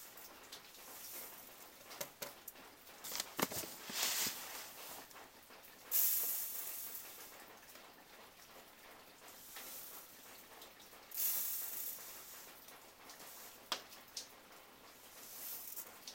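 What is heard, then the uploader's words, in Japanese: Meltwater from snow on the roof drips down onto the eaves, sounding as sharp, bright ticks scattered unevenly, with a cluster of taps around three to four seconds. Soft hissy swells rise at about six and eleven seconds and fade slowly over a quiet background. 一気に積もった雪が解けて屋根から軒に滴り落ちるしずくを聴きながらの作業。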